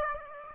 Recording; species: mosquito wingbeat signal from an infrared sensor; Aedes aegypti